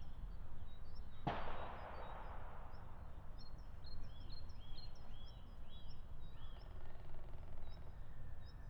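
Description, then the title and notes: European green woodpecker calling: a run of arched, ringing notes in a quick laughing series, following a single sharp gunshot, with steady low rumbling noise throughout. Meadow beside a shooting range, Siemianowice Śląskie, Poland, Saturday 23 March 2019; bird unbothered by regular gunfire; recorded on a Zoom H5 with Audio-Technica BP4025 microphone. "Łąka bezpośrednio przy strzelnicy, sobota 23 marca 2019. Dzięcioł zielony (Picus viridis) zdaje sobie nic nie robić z regularnych strzałów."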